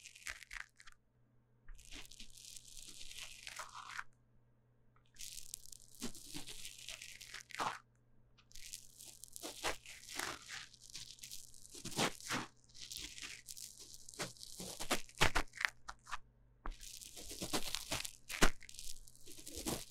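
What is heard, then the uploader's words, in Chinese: Microphone ear deep cleaning: bursts of crisp, crunchy scratching and rustling come in waves, separated by brief quiet gaps, over a low steady hum. 麥克風耳朵深度清潔。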